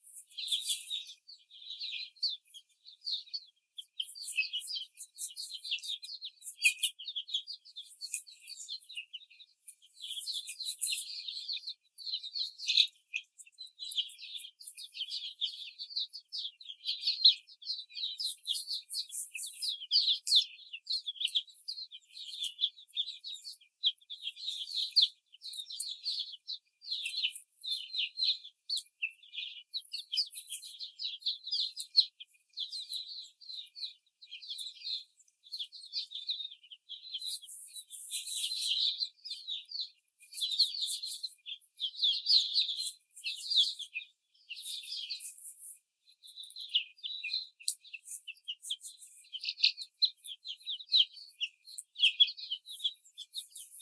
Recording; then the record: young laying hens in a cage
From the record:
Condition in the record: before the stressor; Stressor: simulated dog barking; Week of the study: 4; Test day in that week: 3